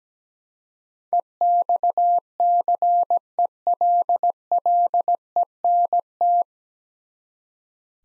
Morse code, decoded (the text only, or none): EXCELLENT